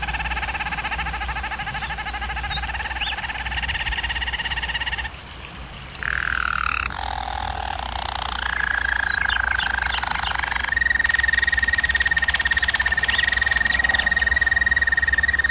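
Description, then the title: German Roller canary rolling in a low layered trill, pausing briefly near five seconds, then resuming with a fluttering roll and a long steady higher trill. Domestic canary song used for canary training. "German Roller Canary Singing - Canary Training Vid"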